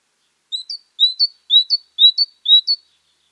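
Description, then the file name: Great tit calling: five quick two-note phrases of high, clear whistles, each pair ending in a brief upward note, evenly spaced roughly every half second. "Parus major"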